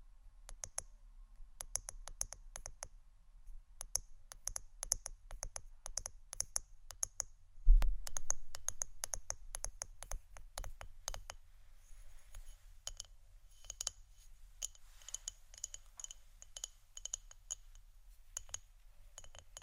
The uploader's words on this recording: ASMR Pure Tapping （No Talking）.